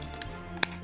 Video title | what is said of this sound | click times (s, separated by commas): SWORD BURST ! Xiphoid Xcalibur Xanthus Sword'-1 B-200 Beyblade Burst BU - Unboxing & Review | Okey. So kita dah lockkan dia. | 0.6 s